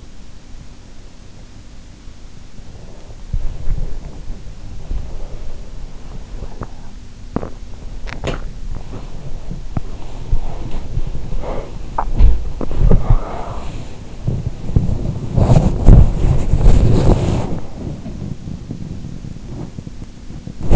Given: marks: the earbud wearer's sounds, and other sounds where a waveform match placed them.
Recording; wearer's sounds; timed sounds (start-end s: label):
sounds in sleep by an in-ear microphone; body movement
0.00-20.75 s: body movement